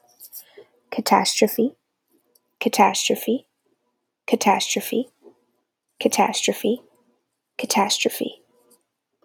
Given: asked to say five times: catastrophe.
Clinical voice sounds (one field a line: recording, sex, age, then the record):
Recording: repeated word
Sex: female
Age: 20 to 29 years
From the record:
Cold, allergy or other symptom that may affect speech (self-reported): no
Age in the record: 27 years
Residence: Texas, United States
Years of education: 13